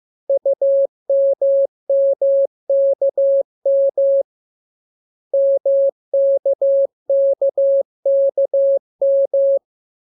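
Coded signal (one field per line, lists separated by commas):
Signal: Morse code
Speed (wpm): 15 wpm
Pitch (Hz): 550 Hz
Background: none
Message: UMMKM MKKKM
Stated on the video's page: Morse lesson for the letters K, M, U and R, sent as a radiogram that opens with VVV and a section sign and closes with AR.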